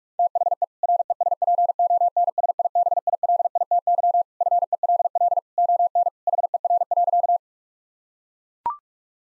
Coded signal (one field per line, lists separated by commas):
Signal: Morse code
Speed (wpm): 41 wpm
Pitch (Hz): 700 Hz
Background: none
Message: THE RESPONSIBILITY FELL ON HER.